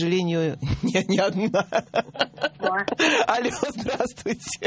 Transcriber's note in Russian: смеется